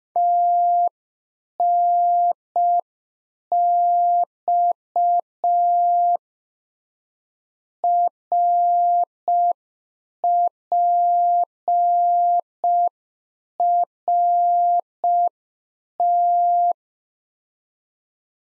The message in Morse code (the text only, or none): TNX RPRT